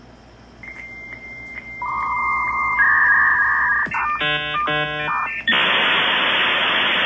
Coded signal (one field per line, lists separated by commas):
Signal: dial-up modem handshake